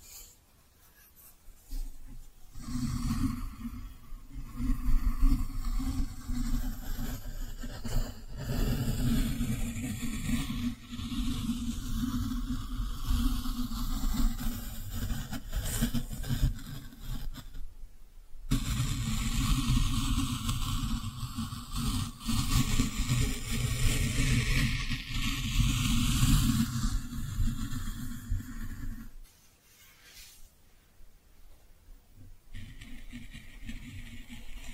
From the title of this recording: Cozy Brushing, Squishy Triggers